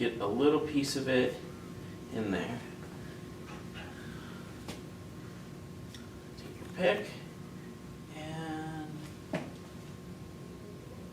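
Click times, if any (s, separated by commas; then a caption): 9.3 s. A rubber o-ring is worked into the groove of an ice cream machine valve part with a pick while someone talks. Soft handling sounds are heard between the speech, then a sharp, brief click at 9.4 seconds as the o-ring seats in its groove.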